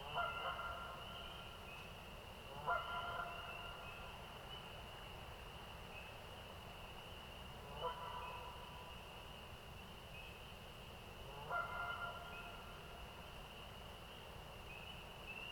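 A spring night soundscape from Parry Sound District, Ontario, with a constant high, thin trill running throughout over a low, steady rumble. Every few seconds a short, bright call of stacked tones rises above it, near the start and around 3, 8 and 11 seconds.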